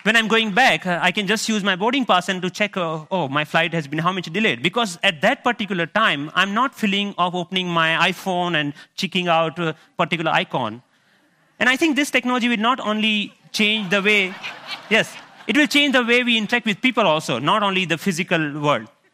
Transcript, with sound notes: When I'm going back, I can just use my boarding pass to check how much my flight has been delayed, because at that particular time, I'm not feeling like opening my iPhone, and checking out a particular icon. And I think this technology will not only change the way -- (Laughter) Yes. It will change the way we interact with people, also, not only the physical world.